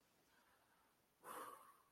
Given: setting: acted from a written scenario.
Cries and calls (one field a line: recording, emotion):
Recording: vocal sound without words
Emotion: distress